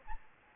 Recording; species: mosquito wingbeat signal from an infrared sensor; Aedes albopictus